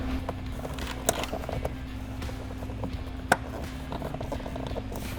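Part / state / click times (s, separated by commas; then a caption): plastic trim cover onto vehicle interior panel / seated / 1.1 s, 3.3 s. A plastic interior trim cover is pushed back onto a Jeep Wrangler JL or Gladiator JT interior panel after an off-road side mirror cable has been routed and zip-tied to the factory harness. Its clips snap into place with sharp, loud clicks at 1.1 s and 3.3 s over a steady background hum and music, with a few quieter knocks in between. The cover ends up fully seated.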